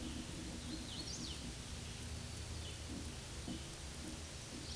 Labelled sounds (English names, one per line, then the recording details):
Hooded Warbler song
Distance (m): 70 m
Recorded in a Pennsylvania forest on 18 May 2023 at 11:04
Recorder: AudioMoth, point grid1_6_low
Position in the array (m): 158 m, 104 m